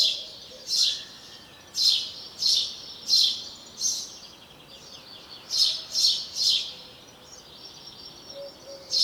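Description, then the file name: House sparrow chirps in two bursts of five and three quick notes, separated by a short gap, then one more chirp, with faint higher bird notes in between. "Passer domesticus"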